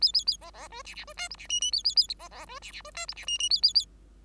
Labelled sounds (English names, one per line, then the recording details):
Bengalese Finch song
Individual Bird5